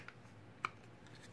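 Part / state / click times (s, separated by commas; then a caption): small fixed-blade knife into kydex sheath / seated / 0.7 s. A small Mora Eldris fixed-blade knife is pushed back into its moulded kydex sheath. A sharp snap at 0.6 s (reported 0.65 s, rounded to one decimal) marks the blade seating in the retention, with a fainter tick at 0.1 s and a soft one near 1.1 s over a low steady hum. The knife clicks back into place and is held firmly.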